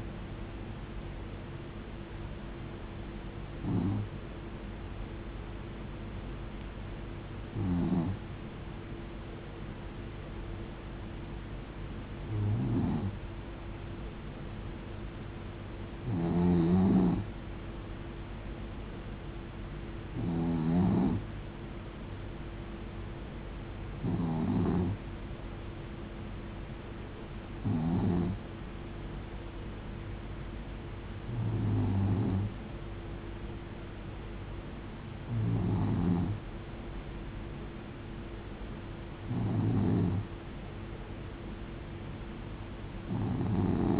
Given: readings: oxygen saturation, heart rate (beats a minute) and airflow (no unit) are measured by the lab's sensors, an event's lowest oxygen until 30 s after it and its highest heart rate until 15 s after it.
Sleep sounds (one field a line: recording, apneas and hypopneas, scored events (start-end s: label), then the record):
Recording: breathing in sleep by a voice recorder at the bedside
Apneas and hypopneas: none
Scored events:
19.00-44.00 s: new sleep stage, N2 (light sleep)
From the record:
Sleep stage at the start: N1 (lightest sleep)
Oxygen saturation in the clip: 91 to 92%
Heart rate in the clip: 66 to 73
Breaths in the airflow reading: 11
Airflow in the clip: -6.3 to 3.6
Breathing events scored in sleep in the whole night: 389 in 6.3 hours asleep